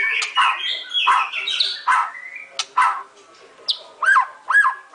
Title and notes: Murai Batu Album 01. Masteran Murai Batu